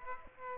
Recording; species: mosquito wingbeat signal from an infrared sensor; Aedes aegypti